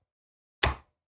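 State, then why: Released. A release button on top of the battery slot of a PortKeys PL5 HD field monitor is pressed, and the Sony camera-style battery pops right out of the monitor's battery plate. A single sharp, broadband pop lands at 0.6 s and decays away within about a quarter second, with silence on either side. The battery is released.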